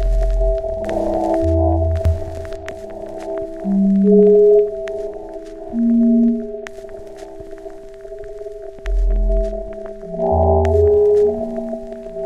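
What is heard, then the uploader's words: Pure sine tones at different pitches come and go at semi-random moments, some low and humming, others higher and ringing, often overlapping as they swell and fade. Steady tones sit underneath throughout, and faint clicks tick sporadically across the clip. For this week's junto project I created a patch in zMors modular which triggered sine waves of different frequencies at semi random intervals. If two different frequencies were triggered at the same time then the waves were added together. This was then run through a chain of delay, reverb, and a bit crusher to create a bit of fizz.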